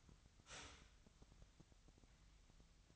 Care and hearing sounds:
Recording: daily activity, microphone in the room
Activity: start toaster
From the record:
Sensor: 3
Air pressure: 1001.9 hPa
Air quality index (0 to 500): 245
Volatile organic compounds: 48 ppm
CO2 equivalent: 3273 ppm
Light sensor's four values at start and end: 14/41/18/15 and 14/41/18/15

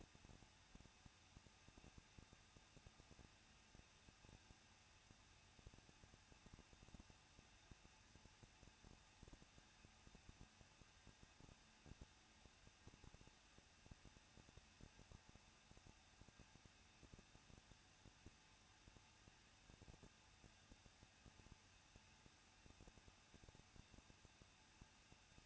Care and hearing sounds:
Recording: daily activity, microphone in the room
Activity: no activity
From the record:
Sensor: 2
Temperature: 21.0 degrees Celsius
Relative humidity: 37.3%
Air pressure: 1006.3 hPa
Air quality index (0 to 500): 221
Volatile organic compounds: 23 ppm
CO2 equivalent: 2789 ppm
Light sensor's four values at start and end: 2/3/2/2 and 2/3/2/2

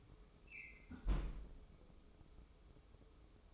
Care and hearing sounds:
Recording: daily activity, microphone in the room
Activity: close fridge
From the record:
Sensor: 1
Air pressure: 995.3 hPa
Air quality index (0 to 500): 25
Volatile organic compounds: 0 ppm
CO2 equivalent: 504 ppm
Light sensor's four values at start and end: 19/61/23/24 and 19/61/23/25

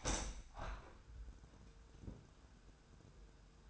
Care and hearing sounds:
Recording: daily activity, microphone in the room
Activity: open window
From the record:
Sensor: 2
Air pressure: 999.8 hPa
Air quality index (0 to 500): 218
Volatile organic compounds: 47 ppm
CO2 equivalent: 3251 ppm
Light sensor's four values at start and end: 8/19/8/8 and 8/20/8/8

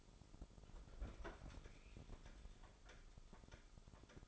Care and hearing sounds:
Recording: daily activity, microphone in the room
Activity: open fridge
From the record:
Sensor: 5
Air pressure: 988.6 hPa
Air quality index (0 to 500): 218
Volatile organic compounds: 121 ppm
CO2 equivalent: 3884 ppm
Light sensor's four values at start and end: 42/129/50/53 and 42/127/50/53

